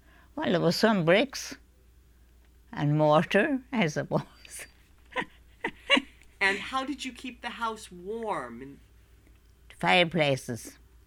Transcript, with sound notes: Well, there were some bricks and mortar as it was. ( she laughs )
And how did you keep the house warm?
Fireplaces.